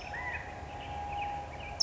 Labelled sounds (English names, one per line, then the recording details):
California Quail
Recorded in Sonoma County, California